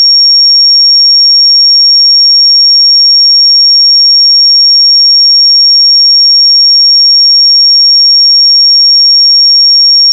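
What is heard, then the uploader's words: A pure sine tone at 5546 Hz holds perfectly steady and unbroken for the whole clip, bright and thin against total silence. 5546 Hz 1 Hz Interval Sine Pure Tone Frequency 441000 Sample Mono.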